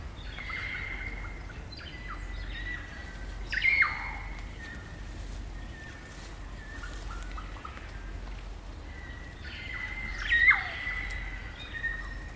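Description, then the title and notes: Kaka song: drawn-out whistled notes near one pitch with sharp squawks, two louder bursts around four and ten seconds, over a steady low background rumble. Kakas, a large parrot species, singing an eerie dusk chorus in late spring at Karori Sanctuary near Wellington, New Zealand. "It's late spring at the Karori Sanctuary near Wellington, New Zealand and the kakas – a large species of parrot – are singing their eerie dusk chorus. BBC Countryfile Magazine's Sound Escapes Recorded by Margaret Bartlett."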